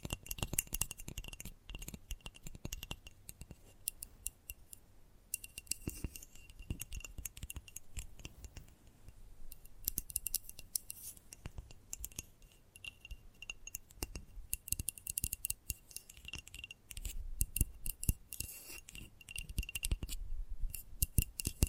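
Gentle tapping runs throughout in quick, irregular bursts of crisp, bright clicks and small clinks, some louder strikes, over a faint steady hiss.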